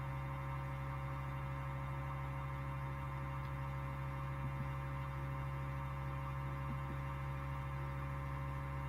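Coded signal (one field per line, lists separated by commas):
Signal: FT8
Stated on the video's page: FT8 practice session for testing station setup before the Thursday Night FT8Off amateur radio contest.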